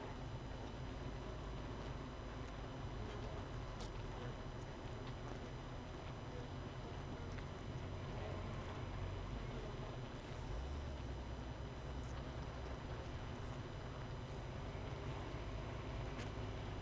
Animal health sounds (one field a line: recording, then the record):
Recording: honeybee colony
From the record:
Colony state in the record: missing queen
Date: 31 May 2018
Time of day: 18:27